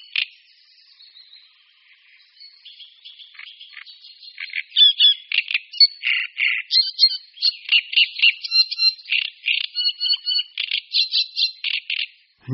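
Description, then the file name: Great reed warbler song building from soft notes into loud, harsh, croaking and squeaky phrases repeated rapidly. "Rákosník-velký"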